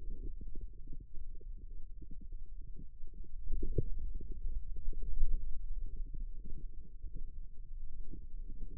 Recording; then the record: forearm muscle sounds (acoustic myography)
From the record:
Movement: ulnar deviation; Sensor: system 2, bracelet of six BSWA MPA416 microphones around the upper forearm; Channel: 6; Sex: male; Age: 22 years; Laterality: right